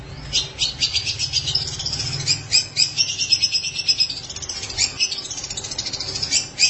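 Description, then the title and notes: Long-tailed Shrike song: a rapid, buzzy chatter of high notes running almost continuously, over a faint low hum. "Pentet 201703. Suara burung pentet"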